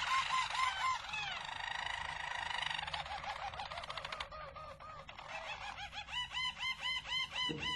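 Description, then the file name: Harz Roller canary song: a continuous run of rolling, harmonic trills that shift between deeper and higher tours, ending in rapid, evenly pulsed looping notes. Belgian Harz Roller canary song. "canto do canario belga harz roller"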